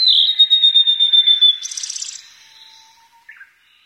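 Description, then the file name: Blue-and-white flycatcher song: a sustained high whistled phrase with a rapid pulsing rhythm for about one and a half seconds, then a short buzzy burst and a faint closing call. "ooruri"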